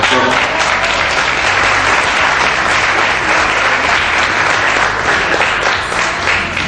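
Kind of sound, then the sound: crowd, audience applause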